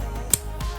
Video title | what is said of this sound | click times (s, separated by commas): Transformers Alternity Optimus Prime (Convoy) | you go and you actually hear that click | 0.3 s